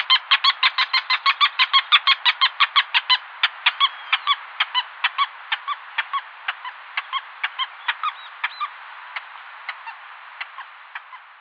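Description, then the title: Wattled jacana chattering call: a fast burst of raspy squeaky notes that gradually slows and fades over about ten seconds, over a constant hiss. "LuckyPassaro Completos2Sama. Wattled Jacana"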